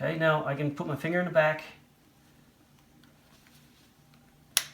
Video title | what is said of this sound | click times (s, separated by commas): Crosman 160 Rebuild | until it snaps down okay so you may have to fiddle with that a little bit and go back and forth until everything lines up right | 4.6 s